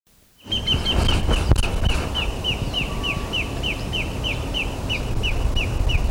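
Bird calling in a long run of short, high, down-slurred notes, about three per second, over steady low background rumble.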